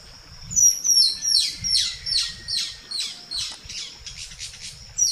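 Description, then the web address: Green-and-rufous kingfisher calling in a fast series of shrill, downslurred notes. Calls and songs of a pair, recorded in the eastern lowlands of South America. "Natures Songs S America Eastern Lowlands. Chloroceryle inda, calls and songs pair"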